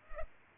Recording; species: mosquito wingbeat signal from an infrared sensor; Culex pipiens